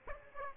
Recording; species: mosquito wingbeat signal from an infrared sensor; Aedes aegypti